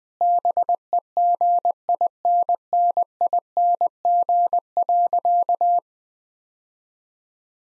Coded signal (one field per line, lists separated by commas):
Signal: Morse code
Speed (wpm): 20 wpm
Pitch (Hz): 700 Hz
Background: none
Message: BEGINNING.